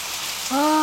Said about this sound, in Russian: Листочек превратился в маленькую точку как раз над рыбой, а из тучки полился теплый-притеплый дождик.